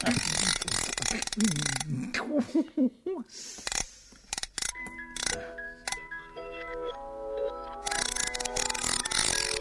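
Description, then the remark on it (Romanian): The wind-up key of a mechanical nightingale ratchets through a quick series of sharp mechanical clicks after a brief stretch of voices, then thin, steady tinkling tones begin as the mechanism starts to play its waltzes. “Întoarce-i cheița, te rog, să o ascultăm împreună.”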